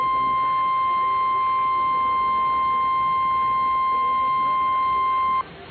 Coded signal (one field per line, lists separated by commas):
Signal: Emergency Alert System (SAME) tones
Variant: 1050 Hz attention tone